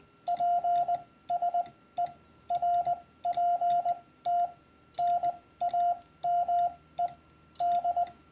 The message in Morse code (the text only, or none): PSE RPT NAME D